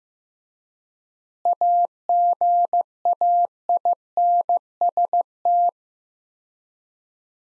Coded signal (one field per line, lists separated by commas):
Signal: Morse code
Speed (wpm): 16 wpm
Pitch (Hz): 700 Hz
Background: none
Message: AGAINST